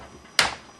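A plastic screen bezel clip on an HP Pavilion G6 laptop lid snaps free at 0.4 s as the bezel is pulled further off the screen. The snap is a sharp, broadband crack, and the bezel clip is released.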